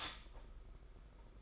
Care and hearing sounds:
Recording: daily activity, microphone in the room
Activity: stop toaster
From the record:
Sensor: 5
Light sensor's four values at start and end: 33/109/41/44 and 33/109/41/44

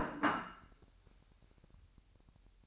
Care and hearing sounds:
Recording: daily activity, microphone in the room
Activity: place plate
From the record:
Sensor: 2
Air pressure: 1001.9 hPa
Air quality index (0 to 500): 248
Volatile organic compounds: 40 ppm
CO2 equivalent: 3142 ppm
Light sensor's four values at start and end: 8/28/11/10 and 8/28/11/10

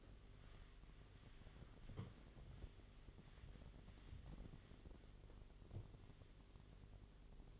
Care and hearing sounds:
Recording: daily activity, microphone in the room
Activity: wipe stove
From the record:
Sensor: 4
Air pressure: 1007.9 hPa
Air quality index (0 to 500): 199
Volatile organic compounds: 7 ppm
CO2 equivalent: 1985 ppm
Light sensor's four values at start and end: 22/71/27/26 and 23/71/27/26

